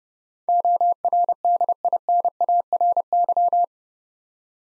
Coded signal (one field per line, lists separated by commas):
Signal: Morse code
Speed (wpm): 30 wpm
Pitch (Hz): 700 Hz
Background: none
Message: ORDINARY